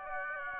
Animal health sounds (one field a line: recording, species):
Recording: mosquito wingbeat signal from an infrared sensor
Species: Aedes aegypti